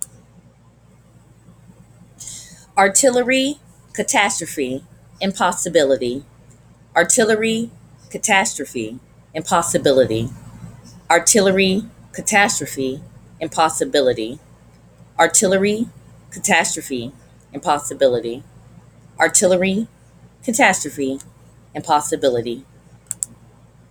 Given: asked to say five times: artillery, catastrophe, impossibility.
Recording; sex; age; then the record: three words, each repeated; female; 40 to 49 years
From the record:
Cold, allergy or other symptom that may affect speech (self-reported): no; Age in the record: 43 years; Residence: New Jersey, United States